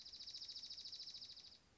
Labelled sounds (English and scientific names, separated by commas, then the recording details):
Dark-eyed Junco (Junco hyemalis)
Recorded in Sonoma County, California